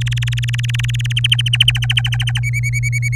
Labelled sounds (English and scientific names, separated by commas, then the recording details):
Domestic Canary (Serinus canaria) song
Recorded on 24 April 2018 at 17:09
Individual llb3